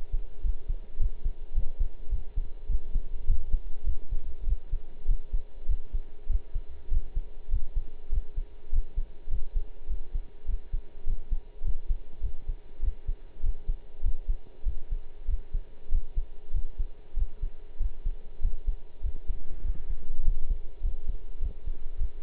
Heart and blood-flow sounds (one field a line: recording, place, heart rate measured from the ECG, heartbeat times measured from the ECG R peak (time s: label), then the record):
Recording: heart sounds by stethoscope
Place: between the tricuspid and mitral areas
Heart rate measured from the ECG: 100 bpm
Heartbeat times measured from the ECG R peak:
0.43 s: heartbeat
0.99 s: heartbeat
1.54 s: heartbeat
2.10 s: heartbeat
2.68 s: heartbeat
3.26 s: heartbeat
3.85 s: heartbeat
4.45 s: heartbeat
5.07 s: heartbeat
5.67 s: heartbeat
6.28 s: heartbeat
6.90 s: heartbeat
7.50 s: heartbeat
8.11 s: heartbeat
8.71 s: heartbeat
9.30 s: heartbeat
9.88 s: heartbeat
10.47 s: heartbeat
11.06 s: heartbeat
11.63 s: heartbeat
12.22 s: heartbeat
12.81 s: heartbeat
13.42 s: heartbeat
14.02 s: heartbeat
14.65 s: heartbeat
15.27 s: heartbeat
15.90 s: heartbeat
16.53 s: heartbeat
17.15 s: heartbeat
17.79 s: heartbeat
18.41 s: heartbeat
19.02 s: heartbeat
19.63 s: heartbeat
20.23 s: heartbeat
20.82 s: heartbeat
21.40 s: heartbeat
21.98 s: heartbeat
From the record:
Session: pedaling a stationary bicycle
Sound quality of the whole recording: partially saturated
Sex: male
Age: 23 years